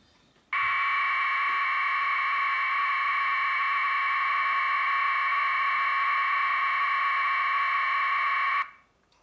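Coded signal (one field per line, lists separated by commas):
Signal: modem data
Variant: 1200 baud FSK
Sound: steady harsh buzzing warble for about eight seconds, starting and stopping abruptly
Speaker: Let's try some jokes. If it works, 1200 baud. There you go.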